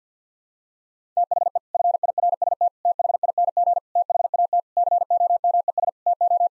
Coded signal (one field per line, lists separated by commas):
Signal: Morse code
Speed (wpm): 50 wpm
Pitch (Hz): 700 Hz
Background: none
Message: THE FIRST THING THAT COMES TO